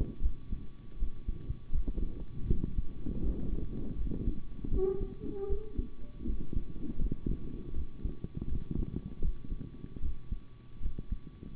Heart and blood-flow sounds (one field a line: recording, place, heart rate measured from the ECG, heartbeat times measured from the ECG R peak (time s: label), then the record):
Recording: heart sounds by stethoscope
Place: between the tricuspid and mitral areas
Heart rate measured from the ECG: 79 bpm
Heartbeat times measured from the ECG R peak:
0.20 s: heartbeat
0.97 s: heartbeat
1.70 s: heartbeat
2.46 s: heartbeat
3.21 s: heartbeat
3.96 s: heartbeat
4.69 s: heartbeat
5.47 s: heartbeat
6.25 s: heartbeat
6.97 s: heartbeat
7.73 s: heartbeat
8.47 s: heartbeat
9.20 s: heartbeat
10.00 s: heartbeat
10.80 s: heartbeat
From the record:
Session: rest, sitting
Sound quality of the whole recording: good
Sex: male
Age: 25 years